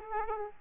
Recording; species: mosquito wingbeat signal from an infrared sensor; Aedes aegypti